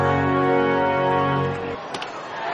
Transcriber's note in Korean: 녹취: 야구장 현장음